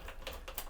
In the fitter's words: That one is completely stripped out.